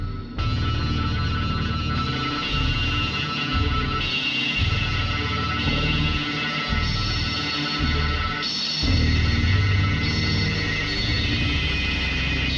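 Dense, steady electronic music with synthesizer and organ-like tones holding long sustained chords, over a pulsing low bass that shifts every second or so. The texture stays loud and full throughout, with a brief dip and change in the chords near eight and a half seconds.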